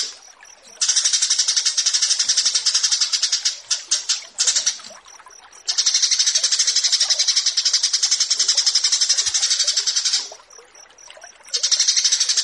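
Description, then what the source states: Horsfield's bush lark delivering long bursts of rapid, buzzy high-pitched pulses, separated by quieter gaps with faint thin notes. Bird-keeping song tutoring recording (masteran) of branjangan.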